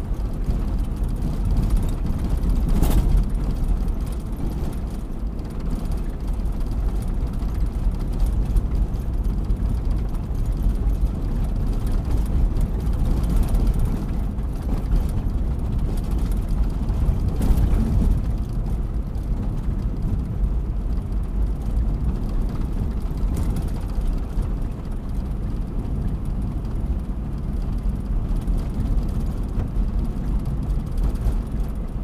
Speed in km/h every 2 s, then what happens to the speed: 50, 49, 48, 48, 48, 49, 49, 48, 49, 49, 49, 49, 51, 53, 53, 53.
0-32 steady at about 49.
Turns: none.